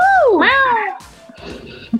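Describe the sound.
A person imitates a cat with one loud, drawn-out meow whose pitch dips and then rises, followed by a second of quieter, muffled noise.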